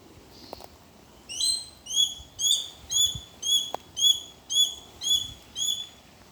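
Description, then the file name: Grey goshawk calling a regular chattering series of clear, metallic rising notes, roughly two per second, after a quiet start with a few faint clicks. "Tachyspiza Novaehollandiae"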